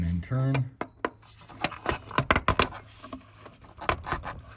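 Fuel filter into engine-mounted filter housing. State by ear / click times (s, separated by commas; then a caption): seated / 2.3 s. A fuel filter on a 2011–2016 Ford 6.7 Powerstroke diesel is pushed into its engine-mounted filter housing and twisted along the groove path, with scraping and knocking sounds while someone talks. A sharp click at 2.3 s marks the filter locking into place, and it is confirmed seated.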